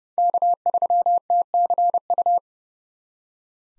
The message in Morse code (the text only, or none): K3TCU